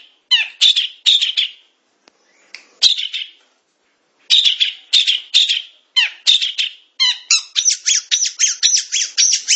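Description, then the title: Long-tailed shrike song: harsh, rasping notes in short clustered bursts, a brief lull, then a fast run of scratchy chattering notes at the end. "Kicau Burung Pentet"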